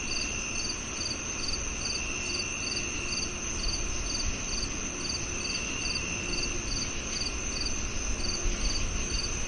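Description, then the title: Cricket chirping: short high pulses repeated about twice a second over a steady high insect drone and a broad hiss of background noise. Summer night soundscape of crickets, made for relaxation and sleep. "Calming Crickets & Summer Night Sleep Sounds"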